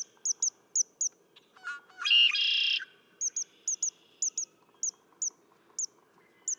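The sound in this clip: Red-winged blackbird song: a single harsh buzzy trill after stuttering lead-in notes, while another bird gives high sharp chirps repeated throughout.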